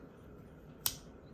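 A carbon steel (CV) blade on a USA-made Case Trapper 3254 slipjoint knife is snapped home against the handle's backspring, giving one sharp, firm snap at 0.9 s over a quiet background. The blade seats fully into position with an authoritative snap.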